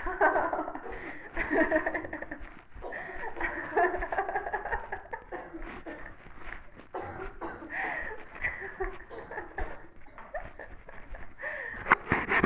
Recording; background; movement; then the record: laughter; a bystander coughing; walking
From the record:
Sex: female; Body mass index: 18.3 kg/m2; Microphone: on the chest, facing the body